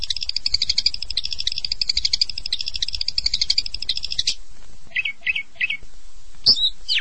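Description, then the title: Long-tailed shrike giving a long, fast, buzzy rattle for about four seconds, then three short chirps and one sharp high note. "Kicau Burung Pentet"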